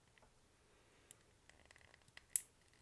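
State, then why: Seated. The plastic peg of a limb on a plastic action figure is angled in from the side so it catches, then pushed into the socket of the figure's body during reassembly. Faint scrapes and small ticks from about 1.1 to 2.2 s lead up to a sharp, loud pop at 2.4 s as the peg snaps into its socket and is seated.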